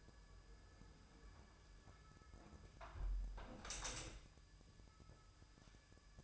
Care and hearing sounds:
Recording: daily activity, microphone in the room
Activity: close window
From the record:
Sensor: 2

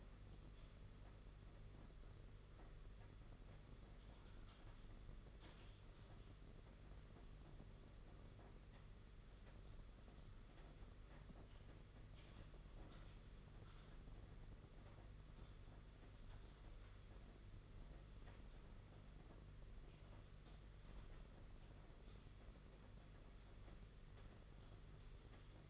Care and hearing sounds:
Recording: daily activity, microphone in the room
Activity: typing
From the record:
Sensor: 4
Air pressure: 992.6 hPa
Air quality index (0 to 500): 137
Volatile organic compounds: 62 ppm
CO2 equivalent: 3435 ppm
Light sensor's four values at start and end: 19/66/24/25 and 19/66/24/25

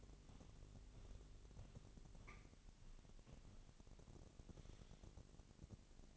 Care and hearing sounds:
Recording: daily activity, microphone in the room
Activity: walk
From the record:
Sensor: 4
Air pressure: 1013.0 hPa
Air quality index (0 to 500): 174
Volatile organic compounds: 2 ppm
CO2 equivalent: 1104 ppm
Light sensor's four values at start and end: 70/172/74/78 and 69/171/73/78

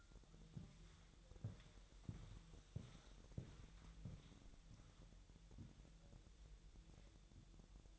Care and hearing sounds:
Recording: daily activity, microphone in the room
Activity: walk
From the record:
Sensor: 3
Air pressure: 1002.0 hPa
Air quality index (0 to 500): 245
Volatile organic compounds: 120 ppm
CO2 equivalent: 3877 ppm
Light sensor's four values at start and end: 9/21/9/9 and 9/22/9/9

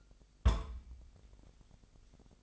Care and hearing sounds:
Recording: daily activity, microphone in the room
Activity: place on stove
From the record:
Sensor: 5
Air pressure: 999.4 hPa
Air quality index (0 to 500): 224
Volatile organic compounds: 22 ppm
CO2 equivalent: 2742 ppm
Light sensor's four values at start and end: 30/68/28/28 and 31/71/29/29

